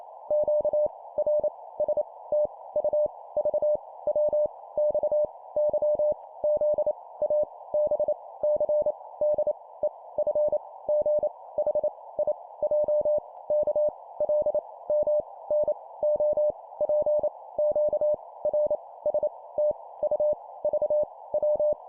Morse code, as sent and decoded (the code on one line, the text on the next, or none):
--.- / .-. / ... / - / ..- / ...- / .-- / -..- / -.-- / --.. / .- / -... / -.-. / -.. / . / ..-. / --. / .... / .. / .--- / -.- / .-.. / -- / -. / --- / .--. / --.- / .-. / ... / - / ..- / ...- / .--
Q R S T U V W X Y Z A B C D E F G H I J K L M N O P Q R S T U V W